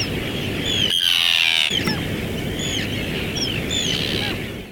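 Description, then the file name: Bird song with a loud, bright whistle near the start, then several short clear whistles sliding downward at intervals, over a busy background chorus and low noise. "oiseaux"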